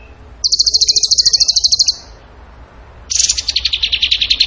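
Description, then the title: Bird song: a quick, piercing high trill, a pause, then a slightly lower, slower trill that drifts downward. Tembakan gacor song style, used as masteran to train other songbirds. "Masteran Burung Tembakan Gacor"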